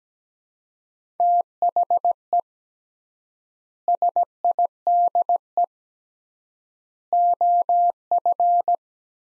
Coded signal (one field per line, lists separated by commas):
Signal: Morse code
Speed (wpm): 17 wpm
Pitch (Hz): 700 Hz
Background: none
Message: THE SIDE OF